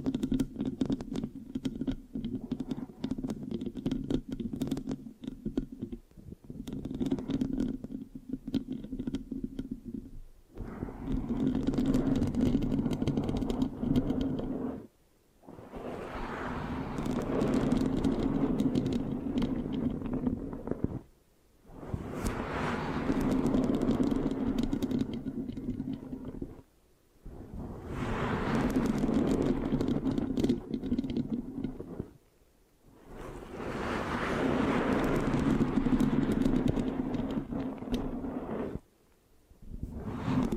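Mic scratching and sticky sounds come in long, dense rustling bursts of several seconds, separated by brief silent pauses, low-heavy with bright crackle.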